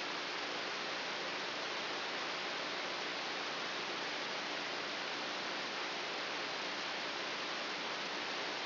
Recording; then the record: brain microelectrode recording played as sound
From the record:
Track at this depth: inside the subthalamic nucleus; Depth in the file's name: 2.404 mm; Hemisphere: right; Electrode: 3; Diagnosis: Parkinson's disease